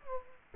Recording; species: mosquito wingbeat signal from an infrared sensor; Culex quinquefasciatus